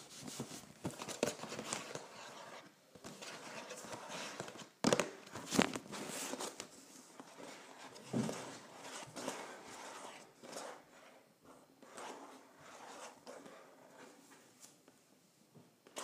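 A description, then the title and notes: Scratching and tapping on a cardboard box, a busy run of dry scrapes and short knocks that continues without pause. Sharper taps stand out near five, five and a half, and eight seconds, and the rubbing grows quieter and sparser toward the end. ASMR Scratching and Tapping a Cardboard Box.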